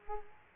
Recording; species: mosquito wingbeat signal from an infrared sensor; Culex quinquefasciatus